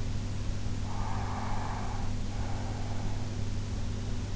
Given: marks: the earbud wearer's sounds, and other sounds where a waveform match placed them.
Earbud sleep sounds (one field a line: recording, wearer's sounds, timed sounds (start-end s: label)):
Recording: sounds in sleep by an in-ear microphone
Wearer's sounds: breath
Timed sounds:
0.71-3.28 s: breath